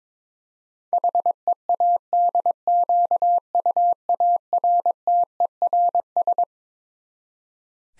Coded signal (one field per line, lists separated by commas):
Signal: Morse code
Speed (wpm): 22 wpm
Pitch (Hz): 700 Hz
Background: none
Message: HEADQUARTERS